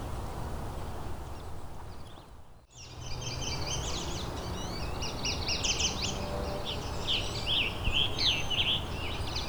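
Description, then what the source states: Scarlet Tanager song: hoarse, burry short phrases in a quick series, over a steady low background rumble. Dissonant song; fairly abundant in forested sections.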